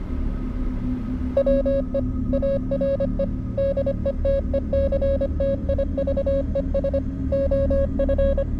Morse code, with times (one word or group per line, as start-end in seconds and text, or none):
1.4-2.0 WE
2.3-3.2 ARE
3.6-7.0 DETECTIVES
7.3-8.4 OF